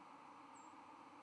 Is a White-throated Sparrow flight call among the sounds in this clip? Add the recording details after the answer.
yes. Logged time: 04:38 on 31 October 2014